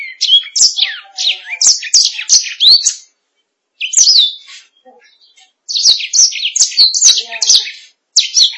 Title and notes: BM Suara Kenari. BM Suara Burung Kenari